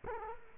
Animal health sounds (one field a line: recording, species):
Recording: mosquito wingbeat signal from an infrared sensor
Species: Culex quinquefasciatus